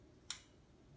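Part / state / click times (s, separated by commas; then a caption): trumpet piston valve into valve casing / seated / 0.3 s. A trumpet piston valve is lowered into its metal valve casing and turned until its guide drops into the slot, giving a single small, sharp metallic click at 0.3 s over a quiet background. The valve is seated, with its guide clicked into place.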